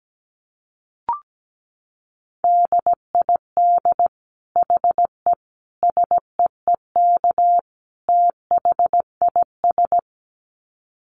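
Morse code played as a steady mid-pitched beep, in short phrases made almost entirely of quick dits with only occasional longer dahs. A single brief click sounds near the start, then keying runs from about two seconds to ten in evenly spaced bursts.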